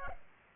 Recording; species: mosquito wingbeat signal from an infrared sensor; Culex pipiens